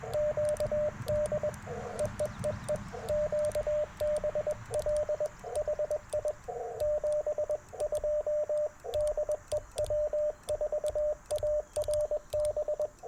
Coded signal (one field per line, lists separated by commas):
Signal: Morse code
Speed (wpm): 21 wpm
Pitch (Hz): 600 Hz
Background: radio noise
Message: QD EEEE QBL HI 72 DE W4ARB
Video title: Morning Morse Code - 07/03/2024